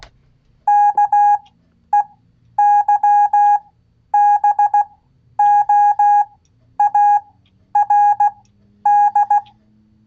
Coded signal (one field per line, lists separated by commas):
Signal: Morse code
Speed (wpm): 16 wpm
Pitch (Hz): 820 Hz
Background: none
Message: KEYBOARD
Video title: Ham Radio Live! #HRL 170 QSL Cards NEEDED 4 Brazilian Scouts SEE Description! Kenwood 590 Review Pt2